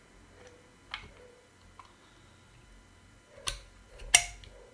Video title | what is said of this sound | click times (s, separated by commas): Thursday Live Streaming, Tech Recommendations and Deals. | okay you heard that click it's fixed | 4.1 s